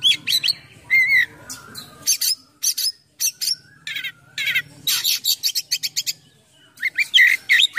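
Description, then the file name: Oriental magpie-robin song: alternating harsh rattles, buzzy bursts and short whistles in rapid phrases with brief gaps, ending in bright warbled notes. Full song in top singing form (gacor) with a rich repertoire of imitated phrases (full isian, mewah). "KACER GACOR FULL ISIAN MEWAH"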